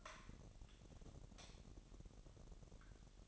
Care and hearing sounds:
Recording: daily activity, microphone in the room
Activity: light off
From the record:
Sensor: 4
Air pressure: 1012.7 hPa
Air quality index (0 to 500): 246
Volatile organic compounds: 4 ppm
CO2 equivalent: 1673 ppm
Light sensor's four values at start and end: 17/45/18/19 and 15/35/14/14

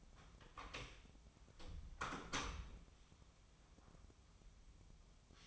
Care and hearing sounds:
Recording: daily activity, microphone in the room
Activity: close door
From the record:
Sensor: 1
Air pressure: 1005.0 hPa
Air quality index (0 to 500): 92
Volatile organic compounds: 2 ppm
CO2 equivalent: 1264 ppm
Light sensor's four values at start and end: 10/25/10/11 and 10/25/10/11

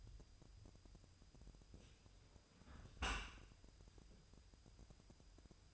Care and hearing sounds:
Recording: daily activity, microphone in the room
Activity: close dishwasher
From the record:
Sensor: 2

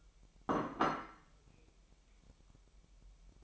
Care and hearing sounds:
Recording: daily activity, microphone in the room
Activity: place plate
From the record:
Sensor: 1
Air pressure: 1002.0 hPa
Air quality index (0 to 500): 243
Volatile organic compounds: 48 ppm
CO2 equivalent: 3273 ppm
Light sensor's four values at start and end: 8/28/10/11 and 8/28/10/11

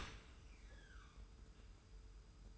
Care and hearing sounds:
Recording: daily activity, microphone in the room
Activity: open dishwasher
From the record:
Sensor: 2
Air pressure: 991.2 hPa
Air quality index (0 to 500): 140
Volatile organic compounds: 245 ppm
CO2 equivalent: 4348 ppm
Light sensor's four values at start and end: 39/112/44/42 and 39/112/44/42

